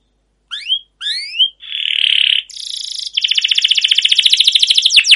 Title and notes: CUIT CUIT NGEROL LANGSUNG GACOR PANJANG Kenari Ini AMPUH Utk Pancingan KENARI. burung kenari